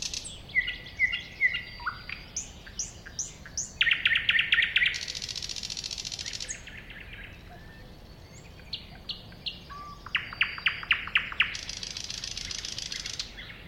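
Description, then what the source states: Thrush nightingale song with varied phrases: whistled notes, clicking series, a harsh buzzing rattle, a pause, then rapid repeated chucks and another dry rattle. Recorded at a woodland edge next to a lake, 2001.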